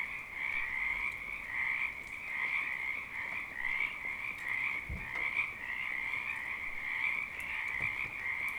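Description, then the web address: Frog chorus of continuous rasping croaks, pulses blurring into one another. Frogs calling during rain in Oregon, 2014. "Sonniss com - GDC 2018-Game Audio Bundle Discover Oregon - Wind and Storms Rain 2014 Frogs Rain"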